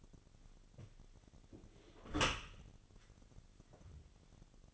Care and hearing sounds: daily activity, microphone in the room; close dishwasher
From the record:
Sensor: 4

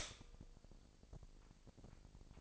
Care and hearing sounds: daily activity, microphone in the room; stop toaster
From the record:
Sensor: 5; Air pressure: 1007.3 hPa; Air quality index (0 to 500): 123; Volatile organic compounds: 1 ppm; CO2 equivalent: 938 ppm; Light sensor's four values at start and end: 27/62/26/26 and 27/62/26/26

